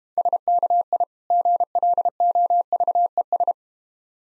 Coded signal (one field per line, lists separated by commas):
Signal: Morse code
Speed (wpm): 31 wpm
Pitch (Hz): 700 Hz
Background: none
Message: SKI GLOVES